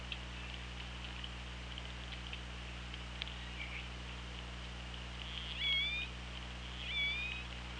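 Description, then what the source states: Killer whale calls, two tonal upswept notes with a parallel harmonic about a second apart, over steady underwater hiss, low hum and occasional clicks. Recorded by OrcaLab hydrophone on 24 August 2017 at 17:39:15.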